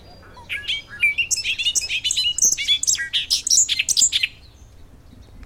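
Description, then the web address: Bobolink song: a long tumbling cascade of metallic, bubbling notes, rapidly skipping between high and low pitches for nearly four seconds, then quiet. "blackbirds orioles Bobolink - Dolichonyx oryzivorus"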